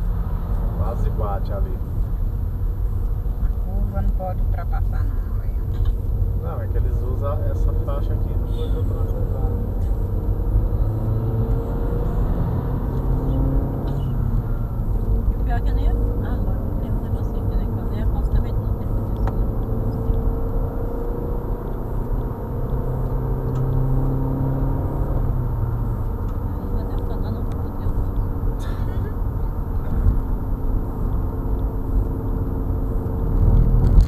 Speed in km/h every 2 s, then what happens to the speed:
24, 24, 24, 27, 37, 43, 46, 53, 55, 61, 67, 72, 77, 76, 66, 66, 65.
0-6 steady at about 24. 6-23 speeds up to 77. 27-29 brakes to 66.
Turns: none.